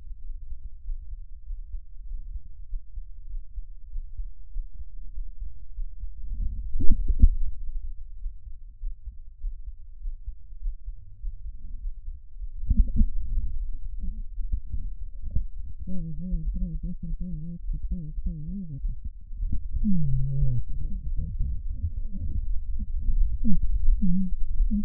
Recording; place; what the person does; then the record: lung sounds by stethoscope; right anterior apical chest; quiet breathing, then cough and speech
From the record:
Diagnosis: interstitial lung disease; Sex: female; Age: 70 years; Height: 160 cm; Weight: 93 kg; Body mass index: 36.3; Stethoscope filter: bell mode